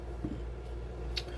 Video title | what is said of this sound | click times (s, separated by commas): TTI Combat complete tear down. | that one will actually click into place you'll hear it | 1.2 s